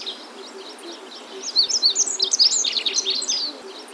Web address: songs Olive backed Pipit